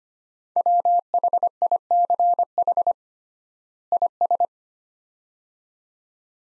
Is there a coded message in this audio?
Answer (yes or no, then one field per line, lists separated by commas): yes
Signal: Morse code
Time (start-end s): 0.6-4.5 s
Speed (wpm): 25 wpm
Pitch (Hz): 700 Hz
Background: none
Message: WHICH IS